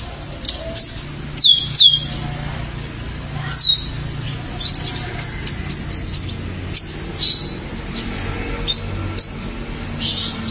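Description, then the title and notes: Canary song: high whistled notes and short sweeping phrases at irregular intervals, with faint low hum underneath. "BM Suara Kenari. BM Suara Burung Kenari"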